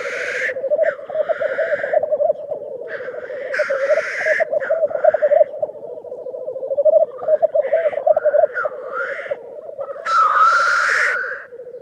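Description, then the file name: Black grouse bubbling without pause, with many raspy hisses scattered throughout and a long, strong hissing sneeze near the end. "Digiffects Sound Effects Library - Black Grouse Bird Version 1"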